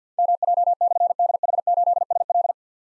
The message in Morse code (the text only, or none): MJ/DH8SL